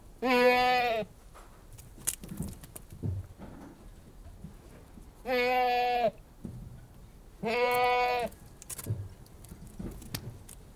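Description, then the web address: Goat bleating three times, each a loud nasal, slightly wavering cry under a second long, at irregular intervals, with soft rustles and knocks between. "The BBC Sound Effects Library. Anglo-Nubian Goat Bleating"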